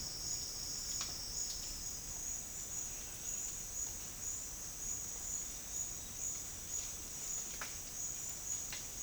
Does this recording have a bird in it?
no